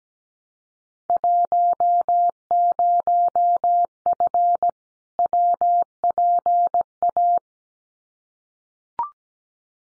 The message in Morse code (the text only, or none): 10F WPA